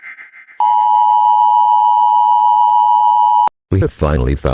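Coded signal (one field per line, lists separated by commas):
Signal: Emergency Alert System (SAME) tones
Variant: 853 and 960 Hz attention tone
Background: speech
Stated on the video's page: Fictional EAS scenario, a simulated alert.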